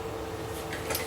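A light microscope's rotating nosepiece is gently turned to bring the 40x high-dry objective lens toward the light path. Only a steady low hum and faint handling rustle are heard. Nothing has clicked or seated yet.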